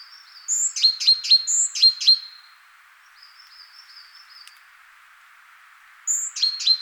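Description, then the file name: Great tit calls in two bursts of sharp, repeated chirps, the first lasting nearly two seconds and the second cut off at the end, with a quiet pause between and a faint hiss throughout. "Parus major"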